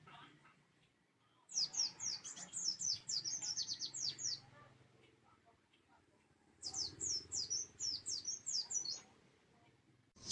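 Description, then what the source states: White-eye song: rapid high-pitched twittering phrases of quick downslurred chirps in two bursts separated by silence, in a quiet background. Pleci white-eye singing in the ngalas and ngeroll song styles.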